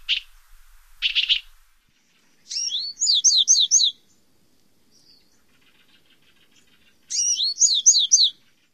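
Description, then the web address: Bewick's Wren giving two short harsh buzzy notes, then two quick phrases of several repeated high, sharply downslurred notes. North America. "Songs of Birds of North America Stokes. Bewicks Wren"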